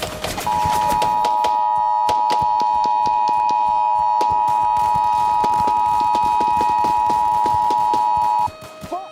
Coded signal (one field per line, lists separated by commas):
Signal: Emergency Alert System (SAME) tones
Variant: 853 and 960 Hz attention tone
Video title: Murder Drones EAS Scenario (REALLY OLD VERSION)